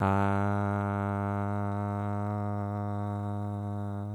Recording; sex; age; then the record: sustained vowel /a/; male; 20 to 29 years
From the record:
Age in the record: 28 years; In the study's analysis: included